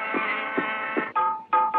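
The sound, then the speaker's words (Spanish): Buzzy, nasal duck quacks played as musical instruments, pitched like musical notes, a sustained drone with rhythmic pulses followed by a few sharper honking notes in a short tune, loud and with no talking. “Patos.”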